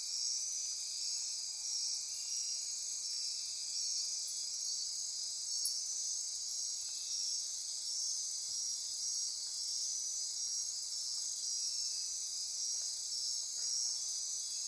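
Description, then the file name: Insects calling together, a continuous high, rhythmic shimmer of overlapping pulsed trills with a few faint clicks. Insect chorus recorded at midnight near Corcovado. "Wind-is-the-Original-Radio-Fridays 20240628 Andy-Martin Midnight-Insect-Chorus-Near-Corcovado"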